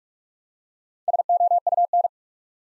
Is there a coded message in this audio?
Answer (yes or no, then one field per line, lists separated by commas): yes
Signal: Morse code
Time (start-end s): 1.1-2.1 s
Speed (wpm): 44 wpm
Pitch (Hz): 700 Hz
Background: none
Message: SOUN